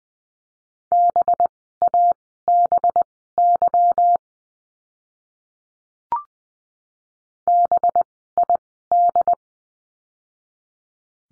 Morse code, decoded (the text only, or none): BABY BID